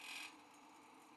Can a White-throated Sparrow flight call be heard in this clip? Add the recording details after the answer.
no. No flight call is heard. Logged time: 07:39 on 5 December 2014